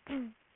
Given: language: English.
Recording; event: throat vibration sensor signal played as sound; throat clearing